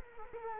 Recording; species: mosquito wingbeat signal from an infrared sensor; Culex quinquefasciatus